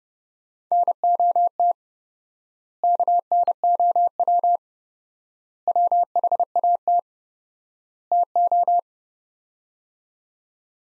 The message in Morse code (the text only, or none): NOT KNOW WHAT TO